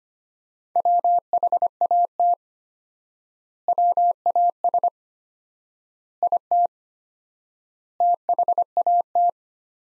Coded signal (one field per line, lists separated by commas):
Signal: Morse code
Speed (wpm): 25 wpm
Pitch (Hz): 700 Hz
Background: none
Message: WHAT WAS IT THAT